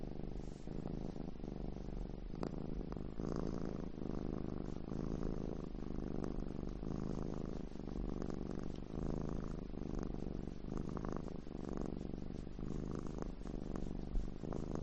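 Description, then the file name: Cat purr, a continuous low throbbing rumble that swells and eases in a regular breathing rhythm across the whole stretch. "audio hero Cat"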